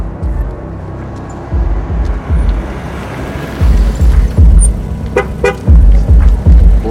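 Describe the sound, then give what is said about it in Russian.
A car with men inside rumbles low and grows louder as it approaches, then the horn gives a couple of short, bright toots over the ongoing motor noise. The car then drives away. No one speaks. “Тамар бросает взгляд на мужчин в машине.”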